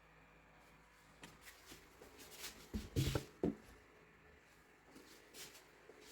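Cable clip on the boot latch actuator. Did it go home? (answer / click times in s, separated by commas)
yes / 1.2 s, 3.4 s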